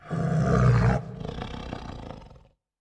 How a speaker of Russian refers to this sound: Она выгнула спину и издала низкое рычание.